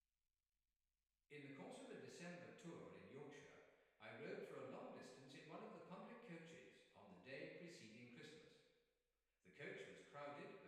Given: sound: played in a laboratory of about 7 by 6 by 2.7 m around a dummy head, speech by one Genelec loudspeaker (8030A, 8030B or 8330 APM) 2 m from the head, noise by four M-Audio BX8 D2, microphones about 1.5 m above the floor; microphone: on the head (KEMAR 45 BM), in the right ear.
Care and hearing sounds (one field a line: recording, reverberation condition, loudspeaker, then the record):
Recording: male speech in English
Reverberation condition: high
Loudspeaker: 30 degrees to the left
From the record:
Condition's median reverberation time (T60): about 1300 ms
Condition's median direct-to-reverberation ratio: about -4.0 dB